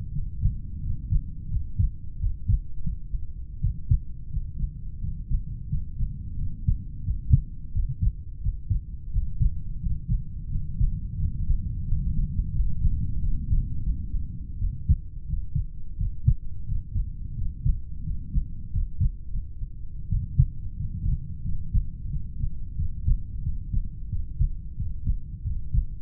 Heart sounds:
heart sounds by stethoscope; 88 bpm
0.11 s: heartbeat
0.80 s: heartbeat
1.48 s: heartbeat
2.18 s: heartbeat
2.80 s: heartbeat
3.59 s: heartbeat
4.28 s: heartbeat
4.99 s: heartbeat
5.67 s: heartbeat
6.36 s: heartbeat
7.02 s: heartbeat
7.71 s: heartbeat
8.41 s: heartbeat
9.10 s: heartbeat
9.79 s: heartbeat
10.48 s: heartbeat
11.16 s: heartbeat
11.83 s: heartbeat
12.51 s: heartbeat
13.19 s: heartbeat
13.81 s: heartbeat
14.57 s: heartbeat
15.25 s: heartbeat
15.96 s: heartbeat
16.64 s: heartbeat
17.34 s: heartbeat
18.02 s: heartbeat
18.70 s: heartbeat
19.29 s: heartbeat
20.07 s: heartbeat
20.74 s: heartbeat
21.42 s: heartbeat
22.08 s: heartbeat
22.75 s: heartbeat
23.41 s: heartbeat
24.08 s: heartbeat
24.75 s: heartbeat
25.42 s: heartbeat
From the record:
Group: heart failure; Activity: rest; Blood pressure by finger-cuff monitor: 72/44 mmHg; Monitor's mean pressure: 50 mmHg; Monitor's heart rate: 86 bpm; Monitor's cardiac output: 6.8 L/min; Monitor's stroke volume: 77 mL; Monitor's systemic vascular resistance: 500 dyn s/cm5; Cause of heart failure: idiopathic cardiomyopathy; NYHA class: 2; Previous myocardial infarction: absent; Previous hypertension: absent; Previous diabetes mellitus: absent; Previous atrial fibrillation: present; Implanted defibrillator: present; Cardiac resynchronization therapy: present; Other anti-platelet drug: absent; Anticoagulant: warfarin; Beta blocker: metoprolol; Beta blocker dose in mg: 50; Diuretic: furosemide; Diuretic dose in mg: 40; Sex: male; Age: 62 years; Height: 184 cm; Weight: 101 kg

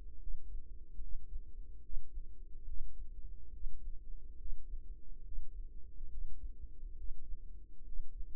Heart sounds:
heart sounds by microphone in the right ear; 71 bpm
0.18 s: heartbeat
0.99 s: heartbeat
1.80 s: heartbeat
2.64 s: heartbeat
3.50 s: heartbeat
4.36 s: heartbeat
5.22 s: heartbeat
6.08 s: heartbeat
6.94 s: heartbeat
7.83 s: heartbeat
From the record:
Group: healthy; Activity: breath hold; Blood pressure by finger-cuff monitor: 96/65 mmHg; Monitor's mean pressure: 72 mmHg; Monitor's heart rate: 71 bpm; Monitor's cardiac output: 4.9 L/min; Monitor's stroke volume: 67 mL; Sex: female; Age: 36 years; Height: 163 cm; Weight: 88 kg

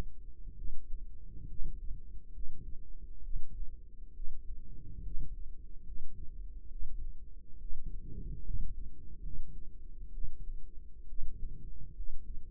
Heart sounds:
heart sounds by microphone in the right ear; 68 bpm
0.54 s: heartbeat
1.46 s: heartbeat
2.31 s: heartbeat
3.21 s: heartbeat
4.12 s: heartbeat
5.01 s: heartbeat
5.82 s: heartbeat
6.68 s: heartbeat
7.57 s: heartbeat
8.42 s: heartbeat
9.20 s: heartbeat
10.10 s: heartbeat
11.06 s: heartbeat
11.93 s: heartbeat
From the record:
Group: healthy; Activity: rest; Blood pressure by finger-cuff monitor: 133/71 mmHg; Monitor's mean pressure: 92 mmHg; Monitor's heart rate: 67 bpm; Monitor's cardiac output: 6.6 L/min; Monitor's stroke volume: 95 mL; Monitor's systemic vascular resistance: 1020 dyn s/cm5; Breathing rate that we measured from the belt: 18 breaths a minute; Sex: female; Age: 22 years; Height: 154 cm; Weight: 58.7 kg

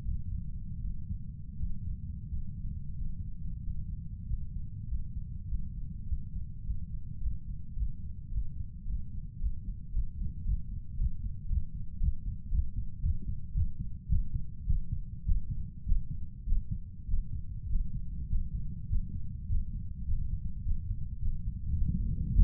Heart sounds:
heart sounds by stethoscope; 102 bpm
0.02 s: heartbeat
0.81 s: heartbeat
1.57 s: heartbeat
2.28 s: heartbeat
2.96 s: heartbeat
3.62 s: heartbeat
4.25 s: heartbeat
4.86 s: heartbeat
5.46 s: heartbeat
6.05 s: heartbeat
6.62 s: heartbeat
7.19 s: heartbeat
7.74 s: heartbeat
8.29 s: heartbeat
8.84 s: heartbeat
9.37 s: heartbeat
9.91 s: heartbeat
10.43 s: heartbeat
10.95 s: heartbeat
11.47 s: heartbeat
11.98 s: heartbeat
12.49 s: heartbeat
13.01 s: heartbeat
13.53 s: heartbeat
14.08 s: heartbeat
14.65 s: heartbeat
15.24 s: heartbeat
15.85 s: heartbeat
16.45 s: heartbeat
17.07 s: heartbeat
17.68 s: heartbeat
18.28 s: heartbeat
18.89 s: heartbeat
19.48 s: heartbeat
20.06 s: heartbeat
20.64 s: heartbeat
21.20 s: heartbeat
21.77 s: heartbeat
22.33 s: heartbeat
From the record:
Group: healthy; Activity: Valsalva maneuver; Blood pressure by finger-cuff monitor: 84/55 mmHg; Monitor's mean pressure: 72 mmHg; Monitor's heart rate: 102 bpm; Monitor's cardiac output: 6.9 L/min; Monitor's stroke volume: 65 mL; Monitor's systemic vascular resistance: 470 dyn s/cm5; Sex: male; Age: 23 years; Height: 178 cm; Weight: 96.6 kg

